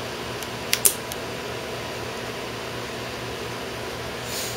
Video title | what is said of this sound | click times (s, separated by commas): Acer Aspire One D255E Screen Replacement "www.screencountry.com" | make sure these clips snap into place | 0.7 s, 0.9 s